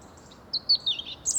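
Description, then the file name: European robin giving a quick run of high, thin, sliding notes, each brief and bright, over a faint constant background hiss. "Erithacus rubecula"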